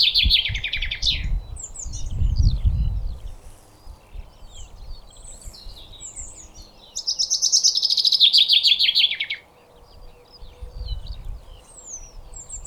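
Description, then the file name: Common chaffinch song: two bright phrases, each a run of rapid repeated notes, with faint chirps and a low rumbling noise underneath. "Fringilla coelebs"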